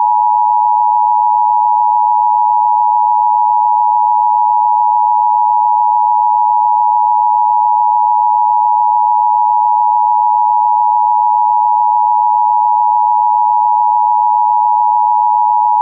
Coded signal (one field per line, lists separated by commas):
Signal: Emergency Alert System (SAME) tones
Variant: 853 and 960 Hz attention tone